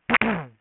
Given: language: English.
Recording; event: throat vibration sensor signal played as sound; throat clearing